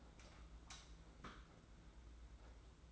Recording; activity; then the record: daily activity, microphone in the room; light on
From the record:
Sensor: 3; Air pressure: 991.9 hPa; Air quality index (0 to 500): 225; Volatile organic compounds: 1000 ppm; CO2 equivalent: 7727 ppm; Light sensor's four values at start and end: 16/38/15/14 and 16/38/15/14